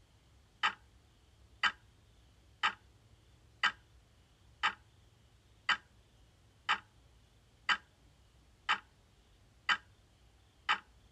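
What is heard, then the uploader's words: An analog clock ticks at a steady one-per-second pace, eleven crisp, sharp clicks across the stretch, each identical in strength and spacing. Between ticks there is only a faint low hum and quiet air, so the clock sounds isolated. ASMR Analog Clock Ticking.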